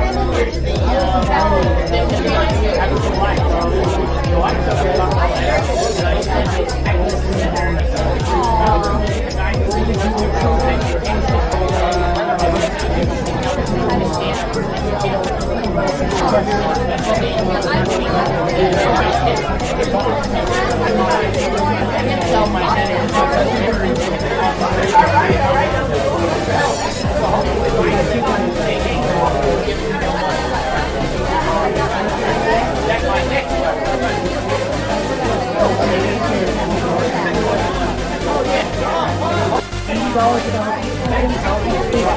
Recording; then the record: background sound without coughing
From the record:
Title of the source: Nightlife Party Simulating Party Club Noise 1 Hour